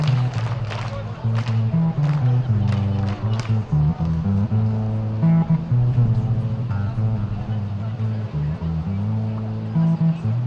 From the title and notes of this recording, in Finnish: Kaikki projektin äänet ovat aitoja, dokumentaarisia ääniä, jotka on nauhoitettu Valkovenäjällä meneillään olevissa mielenosoituksissa.